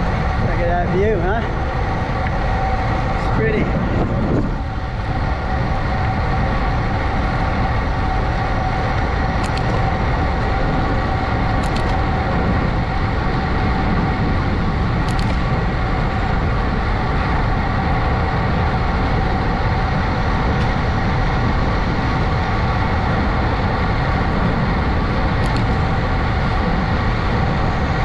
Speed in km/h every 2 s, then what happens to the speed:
31, 31, 32, 34, 35, 37, 39, 40, 40, 42, 42, 42, 42, 42.
0-17 speeds up to 42. 17-28 steady at about 42.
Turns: none.